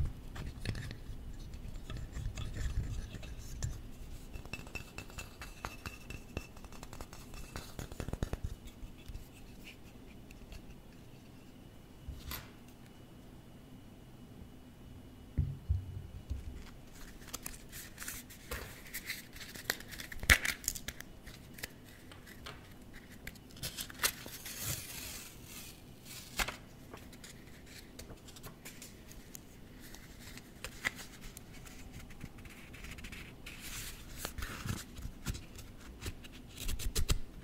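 Close-up tapping and tracing on office objects: soft scratchy strokes and brushing run throughout, broken by sharp clicks and taps near 8, 12, 20, 24, 26 and 36 seconds. A low hum sits underneath, with a brighter rustling stretch around 24 to 26 seconds.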